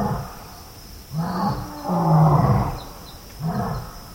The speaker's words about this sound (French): On entend déjà un petit peu les lions au loin.